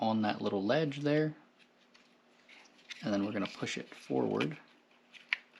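Someone talks while an LED circuit board is set on a small ledge in the plastic overhead console housing (rear climate) of a 2000-2006 GM Silverado, Sierra, Escalade, Tahoe or Suburban, ready to be pushed forward while the retaining clip is pressed. Between the speech there are quiet handling noises and a brief sharp tick near 5.3 seconds. The board has not yet snapped or seated into place.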